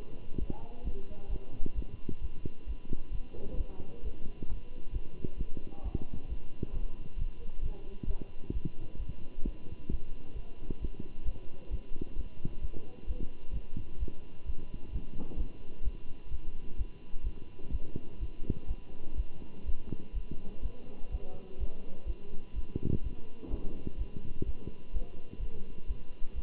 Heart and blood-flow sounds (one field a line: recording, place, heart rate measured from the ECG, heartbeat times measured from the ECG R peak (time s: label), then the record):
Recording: heart sounds by stethoscope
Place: between the tricuspid and mitral areas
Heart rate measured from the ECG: 129 bpm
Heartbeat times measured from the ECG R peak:
0.38 s: heartbeat
0.83 s: heartbeat
1.29 s: heartbeat
1.75 s: heartbeat
2.20 s: heartbeat
2.66 s: heartbeat
3.11 s: heartbeat
3.56 s: heartbeat
4.02 s: heartbeat
4.48 s: heartbeat
4.92 s: heartbeat
5.37 s: heartbeat
5.83 s: heartbeat
6.28 s: heartbeat
6.72 s: heartbeat
7.17 s: heartbeat
7.61 s: heartbeat
8.07 s: heartbeat
8.53 s: heartbeat
8.98 s: heartbeat
9.44 s: heartbeat
9.90 s: heartbeat
10.35 s: heartbeat
10.80 s: heartbeat
11.25 s: heartbeat
11.70 s: heartbeat
12.15 s: heartbeat
12.61 s: heartbeat
13.06 s: heartbeat
13.52 s: heartbeat
13.99 s: heartbeat
14.45 s: heartbeat
14.91 s: heartbeat
15.37 s: heartbeat
15.83 s: heartbeat
16.30 s: heartbeat
16.77 s: heartbeat
17.23 s: heartbeat
17.71 s: heartbeat
18.19 s: heartbeat
18.67 s: heartbeat
19.16 s: heartbeat
19.65 s: heartbeat
20.13 s: heartbeat
20.62 s: heartbeat
21.11 s: heartbeat
21.59 s: heartbeat
22.06 s: heartbeat
22.54 s: heartbeat
23.02 s: heartbeat
23.50 s: heartbeat
23.97 s: heartbeat
24.45 s: heartbeat
24.92 s: heartbeat
25.39 s: heartbeat
25.87 s: heartbeat
26.34 s: heartbeat
From the record:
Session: Bruce protocol treadmill stress test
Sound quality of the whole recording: good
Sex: male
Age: 23 years